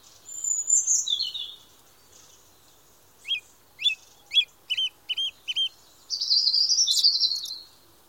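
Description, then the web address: Bird song with a high whistled opening, a string of quick chirps repeated several times a second, then a dense, bright trill. Birdsong in a forest of the Moscow region, in summer, during the day. "nido del canto de los pajaros de la region de moscu en un bosque en verano durante el dia"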